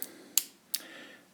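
The frame-mounted manual safety lever on a CZ 97 pistol (safety only, no decocker) is worked, giving two sharp detent clicks at 0.4 s and 0.8 s after a faint tick at the start. The lever seats into its detent with a light but positive click.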